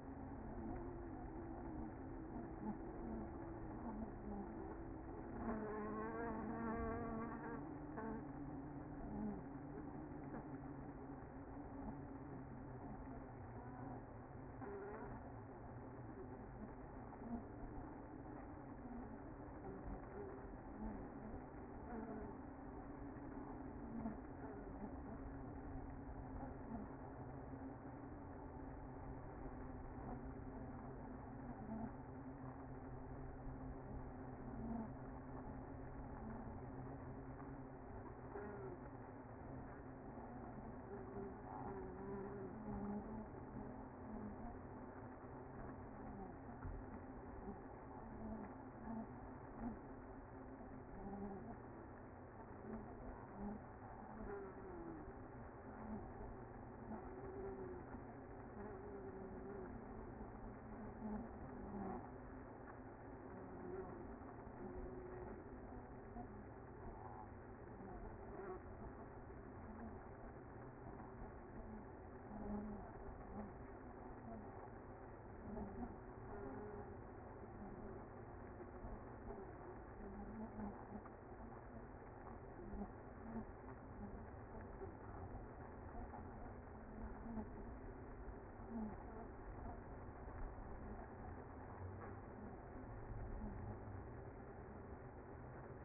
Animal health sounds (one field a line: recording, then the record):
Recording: honeybee colony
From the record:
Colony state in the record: active